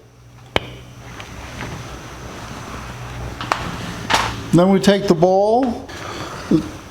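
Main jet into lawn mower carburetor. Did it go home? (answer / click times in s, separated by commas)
yes / 0.6 s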